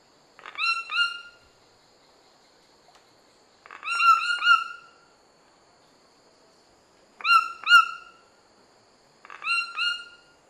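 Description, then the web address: White-throated toucan calling, groups of yelping notes repeated in four bursts a few seconds apart, quiet between. Eastern Lowlands of South America. "Natures Songs S America Eastern Lowlands. White-throated Toucan"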